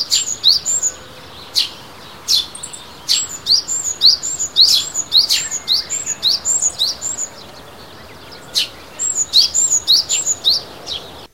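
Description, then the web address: Sparrow chirping: thin high tweets with short downward hooks, given in quick bursts of several notes separated by brief pauses, over a faint steady background hiss. On a walk at Azamidani. "raivu sansaku azamidani sound bird sparrow"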